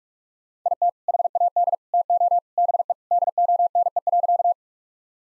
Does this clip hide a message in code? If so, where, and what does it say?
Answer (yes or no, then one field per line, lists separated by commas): yes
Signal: Morse code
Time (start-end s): 0.7-4.5 s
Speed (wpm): 41 wpm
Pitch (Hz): 700 Hz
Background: none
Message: IT HAD TO BE DONE.